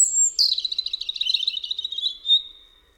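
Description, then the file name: European robin song phrase opening with a high thin whistle, followed by a quick run of sweet notes that fades into a sustained thin tone. "RUDZIK"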